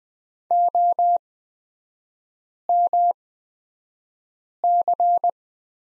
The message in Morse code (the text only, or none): OMC